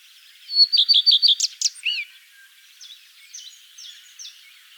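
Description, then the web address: Common redstart song: a clear opening of repeated high notes, about five in quick series, ending in a twittering flourish; softer bird notes follow. "vogelstimmen gartenrotschwanz gesang nabu lars lachmann"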